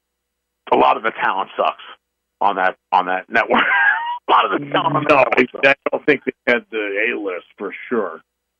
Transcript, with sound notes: a lot of the talent sucks on that, on that network. (laughs) A lot of the talent is-
Oh, no, I definitely don't think they had the A-list, for sure.